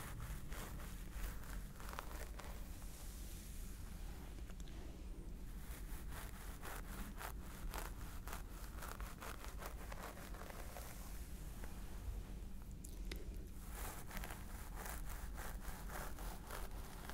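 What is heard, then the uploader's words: Steady scalp massage with dense, rapid scratching and rustling of fingers through hair, softer around five and thirteen seconds, over a low rumble. Stress Relieving Scalp Massage ASMR.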